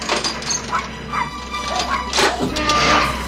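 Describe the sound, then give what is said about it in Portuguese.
A small dog, out of its cage, lets out quick, high-pitched yipping barks in an irregular burst, mixed with scuffling and clattering as it jumps about, over a steady background hum. “Oh, cachorrinho arteiro, de volta pra sua gaiola.”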